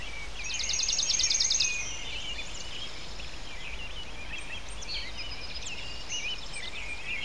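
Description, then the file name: Bird song: a rapid high trill early on, followed by scattered faint chirps and short whistled notes against constant hissy background noise. Loud birds. "Sounds Dogs Love - Loud Birds Sound Effect"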